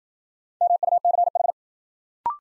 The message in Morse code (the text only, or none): MUCH